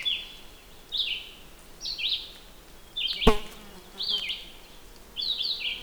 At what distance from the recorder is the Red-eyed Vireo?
about 5 m